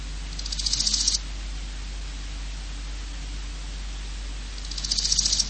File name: Grosse Goldschrecke